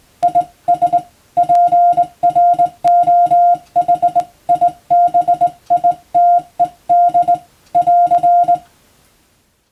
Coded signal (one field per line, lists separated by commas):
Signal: Morse code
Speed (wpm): 20 wpm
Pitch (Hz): 700 Hz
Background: music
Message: IS PROHIBITED <AR>